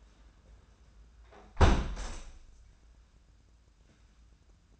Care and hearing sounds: daily activity, microphone in the room; close window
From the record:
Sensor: 2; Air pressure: 994.2 hPa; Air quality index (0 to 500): 210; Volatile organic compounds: 1000 ppm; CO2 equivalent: 6956 ppm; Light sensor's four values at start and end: 68/158/65/65 and 64/149/61/60

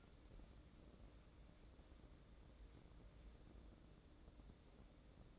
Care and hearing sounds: daily activity, microphone in the room; wipe stove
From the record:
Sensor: 3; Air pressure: 1012.3 hPa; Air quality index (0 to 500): 178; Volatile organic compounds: 3 ppm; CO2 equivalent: 1360 ppm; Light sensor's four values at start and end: 569/1413/584/598 and 569/1413/584/598

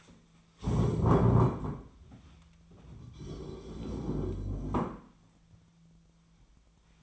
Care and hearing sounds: daily activity, microphone in the room; stand up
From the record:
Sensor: 1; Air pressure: 1008.2 hPa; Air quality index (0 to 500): 191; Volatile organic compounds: 17 ppm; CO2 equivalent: 2592 ppm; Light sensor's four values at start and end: 14/35/14/16 and 13/33/13/15

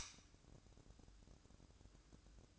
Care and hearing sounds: daily activity, microphone in the room; light on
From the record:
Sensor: 2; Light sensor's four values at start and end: 7/17/7/7 and 11/30/12/12

